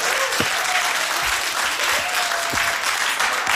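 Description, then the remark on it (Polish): Steady audience applause, a dense wash of many hands clapping at a constant loudness throughout, with no distinct voices standing out. “Proszę o klaski, Kinder, proszę bardzo.”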